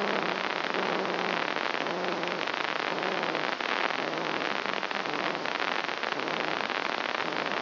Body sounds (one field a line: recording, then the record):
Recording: brain microelectrode recording played as sound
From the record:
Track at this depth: inside the subthalamic nucleus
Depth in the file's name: 1.34 mm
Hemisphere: left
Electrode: 2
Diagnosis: Parkinson's disease